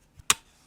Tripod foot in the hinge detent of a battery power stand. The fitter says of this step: And these tripod feet here actually click in, so they don't like flop around. You have to kind of click them out, just